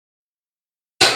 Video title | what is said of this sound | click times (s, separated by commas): Model #21 - Guillotine Bobcat Trap | It locks into place. | 1.0 s